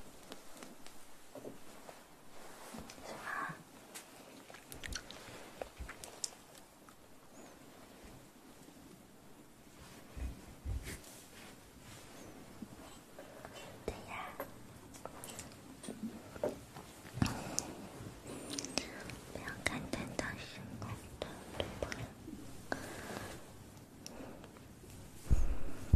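An ear massage trigger: soft rubbing and brushing sounds with frequent short crackly touches scattered throughout. The texture is fairly quiet and uneven, with brighter scratchy bursts around 3, 10, 14 and 18 seconds, growing a little busier and louder toward the end.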